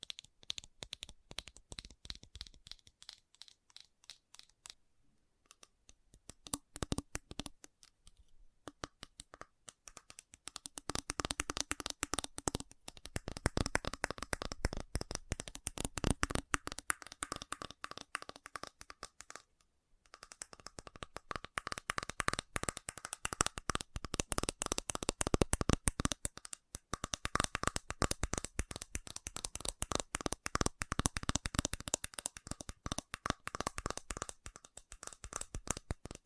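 Fast tapping in dense, rapid bursts of sharp, bright clicks, almost continuous for most of the clip. The taps start sparse and quiet, pause briefly around 5 and 20 seconds, then return louder and quicker, with a faint low tone running beneath.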